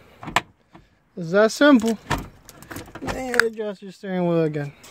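A new turn signal switch for a 2007 Suzuki XL7 is pushed onto the steering column switch box, and its plastic side clips snap into place with a sharp click at 0.4 seconds. Someone then talks. The switch is seated on the column box.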